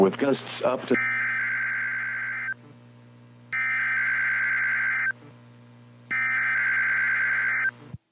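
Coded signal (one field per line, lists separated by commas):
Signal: Emergency Alert System (SAME) tones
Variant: header bursts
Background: speech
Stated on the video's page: Live EAS tones from required weekly tests.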